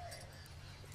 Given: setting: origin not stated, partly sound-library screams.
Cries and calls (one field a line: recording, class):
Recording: one-second piece from a danger detection set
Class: normal situation